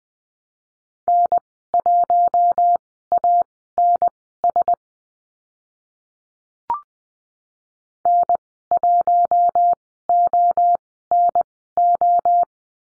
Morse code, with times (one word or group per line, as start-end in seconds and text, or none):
1.1-4.7 N1ANS
8.1-12.4 N1ONO